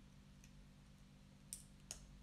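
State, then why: Seated. A black plastic building-brick piece is pressed onto a brick model. Against a low hum, two sharp, bright clicks sound at 1.5 and 1.9 seconds, and the piece seats into place.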